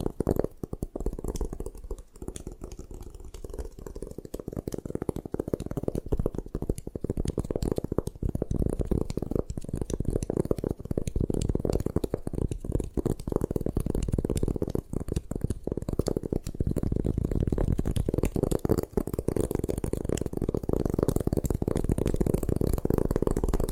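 Gym chalk is crushed and ground in a steady, dense crunching, full of rapid gritty clicks over a low rumbling rub that never pauses.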